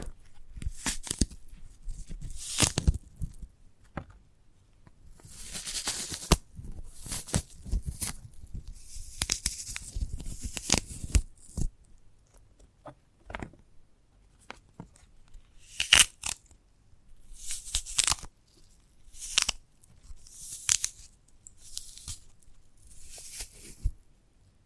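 Handling of a sprouted coconut produces a steady series of crisp tearing and scraping sounds, bright and fibrous, each lasting about a second. Sharp clicks and taps fall between them at an irregular pace, with short quiet gaps, and the activity continues throughout.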